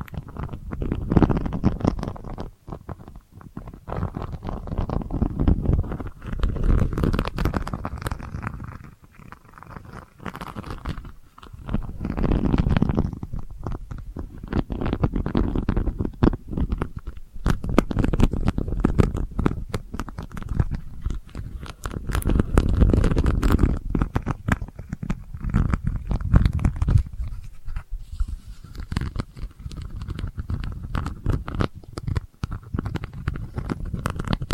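Delicate scratching runs through the whole recording as dense, quick strokes, with short pauses and swells every few seconds. Low rumbling accompanies it, strongest around the middle and near the end, while sharp crisp clicks stand out above the scraping.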